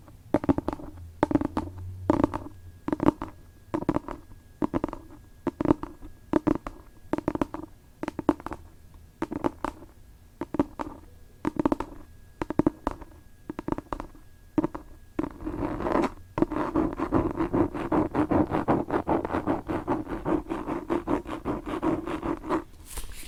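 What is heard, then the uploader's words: Fingernails scratch and tap across a book, first in quick separate strokes that come in uneven clusters with short pauses between. Around sixteen seconds the scratching turns continuous and denser, a steady rasping rub that carries through to the end, briefly brighter at the close. ASMR book scratching.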